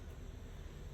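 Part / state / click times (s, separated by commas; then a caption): fountain pen nib unit into pen holder / not seated / none. A Sailor steel fountain pen nib unit is being handled and pushed toward its holder or barrel, part of a notebook setup. Only a steady low rumbling, broadband background noise is heard, with no distinct transients. Nothing has seated or clicked yet.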